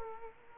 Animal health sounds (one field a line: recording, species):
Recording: mosquito wingbeat signal from an infrared sensor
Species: Culex quinquefasciatus